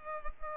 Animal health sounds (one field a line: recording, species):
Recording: mosquito wingbeat signal from an infrared sensor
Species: Culex pipiens